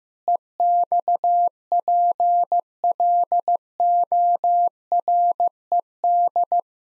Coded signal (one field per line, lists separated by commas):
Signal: Morse code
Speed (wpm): 15 wpm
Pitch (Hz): 700 Hz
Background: none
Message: EXPLORED